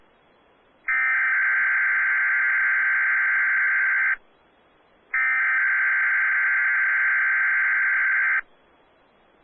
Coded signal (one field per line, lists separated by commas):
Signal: Emergency Alert System (SAME) tones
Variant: header bursts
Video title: Weatheradio Canada XLM538 (Winnipeg) - Required Weekly Test + 1050 kHz Tone Test (EAS #46)